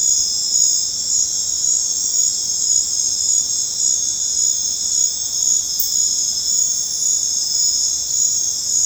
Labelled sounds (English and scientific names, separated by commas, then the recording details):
none
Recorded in dense forest near Puerto Asís, Putumayo, Colombia, on 26 December 2024 at 21:00
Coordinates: 0.468, -76.322
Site G071